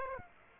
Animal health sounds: mosquito wingbeat signal from an infrared sensor; Aedes aegypti

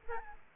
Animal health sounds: mosquito wingbeat signal from an infrared sensor; Aedes aegypti

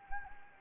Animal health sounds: mosquito wingbeat signal from an infrared sensor; Anopheles gambiae

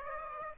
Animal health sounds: mosquito wingbeat signal from an infrared sensor; Aedes aegypti

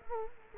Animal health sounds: mosquito wingbeat signal from an infrared sensor; Culex quinquefasciatus

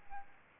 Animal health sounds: mosquito wingbeat signal from an infrared sensor; Aedes albopictus

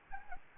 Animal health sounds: mosquito wingbeat signal from an infrared sensor; Anopheles gambiae

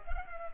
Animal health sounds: mosquito wingbeat signal from an infrared sensor; Culex pipiens

